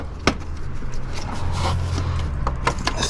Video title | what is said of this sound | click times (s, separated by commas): How to Replace a Radiator Fan on a Dodge Charger, Challenger, and Chrysler 300 (It Was Easy!! ) | grab it kind of like this and squeeze it so you hear a click | 0.3 s